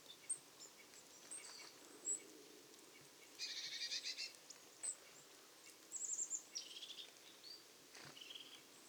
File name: Poecile palustris